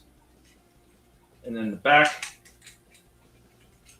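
A plastic back panel is handled as it is folded in on a transforming plastic collectible figure. Someone talks briefly around 1.5–2.2 s, with faint plastic handling noises after. Nothing has seated or clicked yet.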